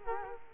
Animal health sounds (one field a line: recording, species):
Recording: mosquito wingbeat signal from an infrared sensor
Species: Culex quinquefasciatus